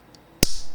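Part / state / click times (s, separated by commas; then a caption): plastic toy brick piece into toy truck model / seated / 0.4 s. After an earlier failed try, a yellow plastic toy brick piece is pushed fully home into a LEGO City 2026 Cement Mixer 60478 toy truck model. A faint tick at 0.15 s is followed by a sharp, loud snap at 0.4 s with a brief bright ring. The piece is seated.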